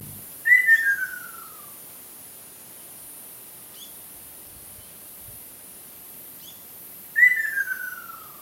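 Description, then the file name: Ruddy kingfisher call: a descending whistled trill, repeated once after about six seconds, with a few faint high chirps between. "akashobin"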